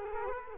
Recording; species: mosquito wingbeat signal from an infrared sensor; Culex quinquefasciatus